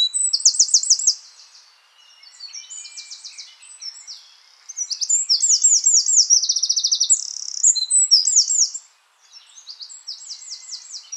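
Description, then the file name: Eurasian wren song: loud, rapid high trills and chattering runs, one burst in the first second, then a longer rattling phrase from about five to nine seconds. "Troglodytes troglodytes"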